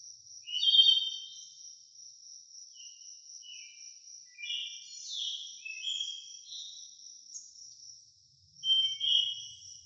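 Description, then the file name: Crickets keep up a continuous high-pitched trill while birds add quick, twittering chirps, busiest around one second, between five and seven seconds, and again near nine seconds. Nature ambience of crickets with birds. "Blastwave FX Nature Birds Crickets"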